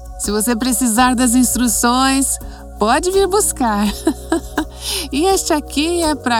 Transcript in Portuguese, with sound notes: Se você precisar das instruções, pode vir buscar. (risos) E este aqui é para...